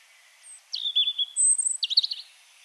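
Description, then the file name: European robin song: a thin high whistle, then a brief varied phrase of sliding notes and quick twittering trills lasting about one and a half seconds. "Erithacus rubecula"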